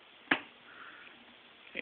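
A short DDR1 RAM stick is pushed down into a motherboard DIMM memory slot until the retaining latches snap closed. A sharp click is heard at 0.3 s, followed by a quieter click at 1.8 s. The module is seated in the slot.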